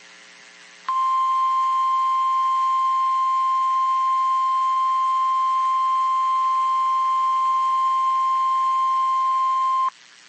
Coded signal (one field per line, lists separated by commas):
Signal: Emergency Alert System (SAME) tones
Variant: 1050 Hz attention tone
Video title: Severe Thunderstorm Warning Illinois Noaa Weather Radio Station WXM 49 Marion IL 7/10/26